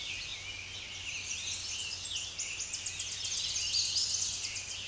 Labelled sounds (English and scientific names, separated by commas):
Tennessee Warbler (Leiothlypis peregrina) song